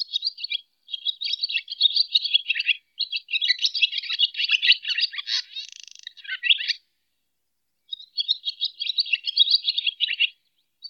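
Swallow giving lively scratchy twitters in long unbroken bursts of rapid chirps, with a short gap before a final shorter burst and a lone closing note.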